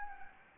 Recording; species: mosquito wingbeat signal from an infrared sensor; Anopheles gambiae